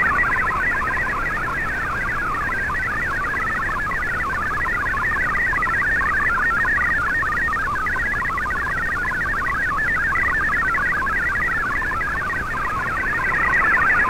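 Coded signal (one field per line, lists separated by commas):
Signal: multi-tone FSK (Olivia or MFSK type)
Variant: MFSK32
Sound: rapid warbling tones hopping quickly within a narrow band, steady and continuous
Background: radio static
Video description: here is my decode of the Shortwave Radiogram broadcast today on 15770Khz shortwave radio at 1300UTC in MFSK32 and 64 and with 10 SSTV images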